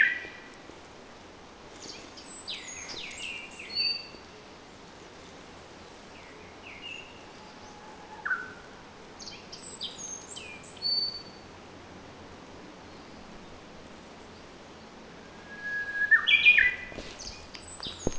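Common nightingale song in short, scattered phrases: high buzzy notes, quick chirps and a few whistles, separated by pauses, over a steady low background hiss.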